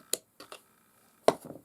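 A cartridge stop in the receiver of a Nylon 66 .22 rifle is pushed forward with a screwdriver until it clicks into place. Sharp clicks land at 0.1 s and 1.3 s, with softer ticks and scrapes around 0.4–0.5 s and 1.5–1.6 s. The cartridge stop is seated.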